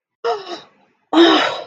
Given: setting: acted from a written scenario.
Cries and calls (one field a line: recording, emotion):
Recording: vocal sound without words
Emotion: positive surprise